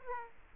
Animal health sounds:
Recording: mosquito wingbeat signal from an infrared sensor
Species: Aedes aegypti

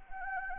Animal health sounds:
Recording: mosquito wingbeat signal from an infrared sensor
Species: Anopheles gambiae

